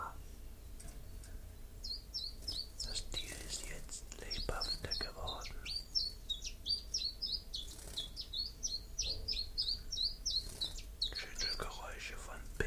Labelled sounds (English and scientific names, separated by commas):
Common Chiffchaff (Phylloscopus collybita) song